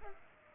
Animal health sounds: mosquito wingbeat signal from an infrared sensor; Culex pipiens

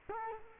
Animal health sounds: mosquito wingbeat signal from an infrared sensor; Culex quinquefasciatus

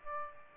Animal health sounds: mosquito wingbeat signal from an infrared sensor; Aedes aegypti

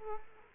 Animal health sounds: mosquito wingbeat signal from an infrared sensor; Culex quinquefasciatus

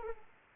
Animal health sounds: mosquito wingbeat signal from an infrared sensor; Anopheles arabiensis

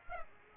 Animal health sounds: mosquito wingbeat signal from an infrared sensor; Aedes aegypti

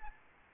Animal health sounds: mosquito wingbeat signal from an infrared sensor; Aedes albopictus

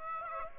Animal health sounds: mosquito wingbeat signal from an infrared sensor; Aedes aegypti

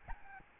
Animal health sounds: mosquito wingbeat signal from an infrared sensor; Aedes albopictus

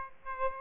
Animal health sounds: mosquito wingbeat signal from an infrared sensor; Aedes aegypti

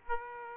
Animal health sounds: mosquito wingbeat signal from an infrared sensor; Aedes aegypti

